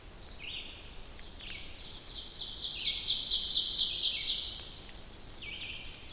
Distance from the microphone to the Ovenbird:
about 25 m